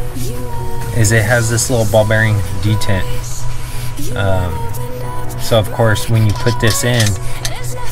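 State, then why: Not seated. Someone talks over background music while a steel bit is handled at the head of a Mega Pro multi-bit screwdriver, which holds bits with a small ball bearing detent. Nothing has seated or clicked yet; the bit is not home by the end.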